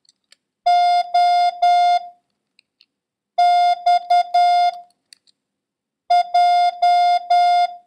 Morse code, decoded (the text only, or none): O X J